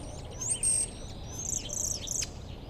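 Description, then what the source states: Common starling song, a burst of high whistles and buzzy rasping notes near the start, then a run of thin sliding whistles and clicks, over a low background rumble. Starlings outside a window in rural Goworów, Poland, mimicking other bird species rather than car alarms; recorded with Zoom F4 and AT BP4025.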